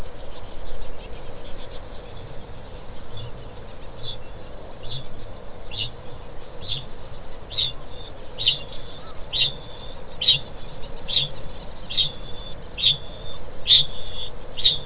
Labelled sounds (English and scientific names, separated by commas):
Kākāpō (Strigops habroptilus) ching call